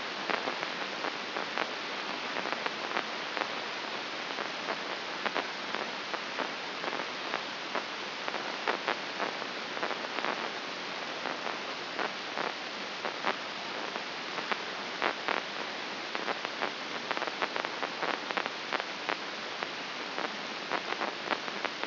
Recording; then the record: brain microelectrode recording played as sound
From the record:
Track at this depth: outside the subthalamic nucleus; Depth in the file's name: 6.669 mm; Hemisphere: left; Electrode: 2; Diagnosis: Parkinson's disease